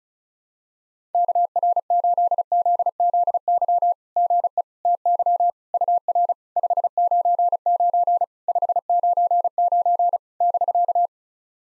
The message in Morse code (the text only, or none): KR8ZZY GE TY UR 599 599 <BK>